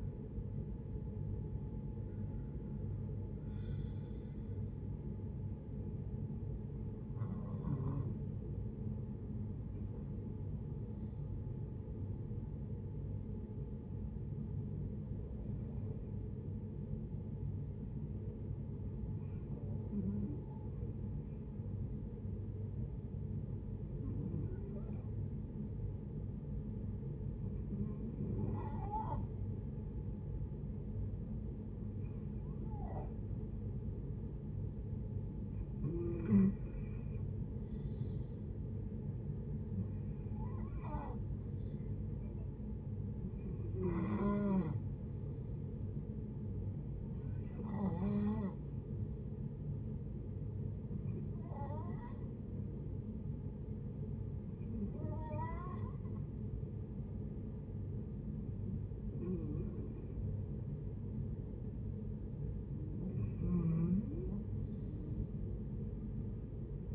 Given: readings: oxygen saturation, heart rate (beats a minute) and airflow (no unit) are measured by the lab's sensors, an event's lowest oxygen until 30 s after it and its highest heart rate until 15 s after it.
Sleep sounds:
breathing in sleep by a smartphone at the bedside; 2
12.00-36.70 s: hypopnea (N1, oxygen 97% highest, then 89% lowest, heart rate 61 at the start, 69 highest)
16.00-66.95 s: new sleep stage, N2 (light sleep)
47.00-61.70 s: hypopnea (N2, oxygen 93% highest, then 89% lowest, heart rate 68 at the start, 69 highest)
From the record:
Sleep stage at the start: N1 (lightest sleep); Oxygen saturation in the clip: 89 to 97%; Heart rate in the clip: 59 to 80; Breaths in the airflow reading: 16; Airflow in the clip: -6.7 to 8.4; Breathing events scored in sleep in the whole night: 496 in 5.4 hours asleep

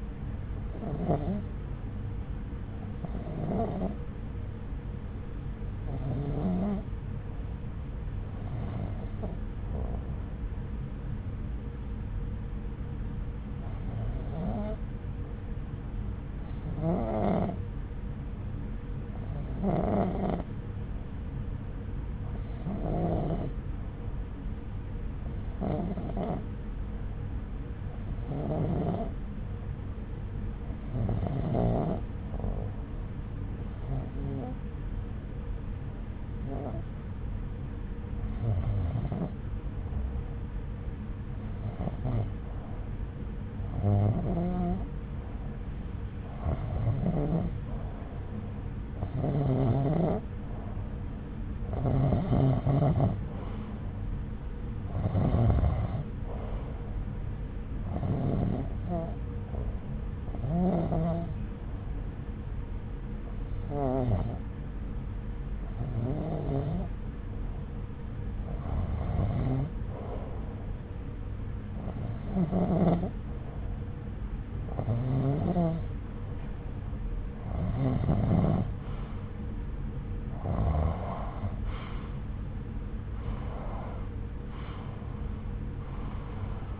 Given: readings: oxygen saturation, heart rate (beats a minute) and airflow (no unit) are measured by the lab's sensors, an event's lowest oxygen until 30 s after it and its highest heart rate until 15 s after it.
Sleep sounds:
breathing in sleep by a smartphone at the bedside; 1
9.00-45.00 s: hypopnea (REM, oxygen 91% highest, then 86% lowest)
From the record:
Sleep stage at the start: REM sleep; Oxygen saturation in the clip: 86 to 92%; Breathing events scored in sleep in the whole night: 303 in 8.1 hours asleep

